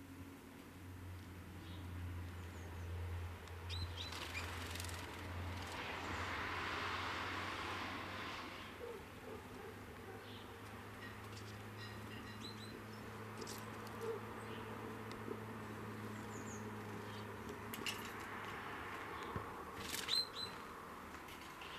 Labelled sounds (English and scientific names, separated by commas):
House Sparrow (Passer domesticus) call